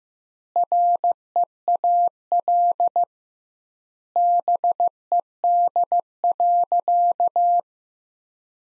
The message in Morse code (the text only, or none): REAL BED.